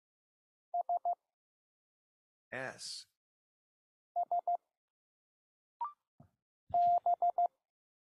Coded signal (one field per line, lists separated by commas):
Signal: Morse code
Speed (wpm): 15 wpm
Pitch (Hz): 700 Hz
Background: none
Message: S S B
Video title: LICW Haptic CW Decoder--Feel the Code!